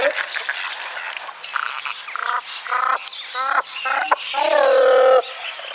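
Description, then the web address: Great cormorant calls: a run of guttural, nasal croaks in uneven bursts, ending in a longer drawn-out groaning note. "Great Cormorant"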